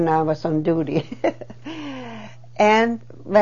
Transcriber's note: she laughs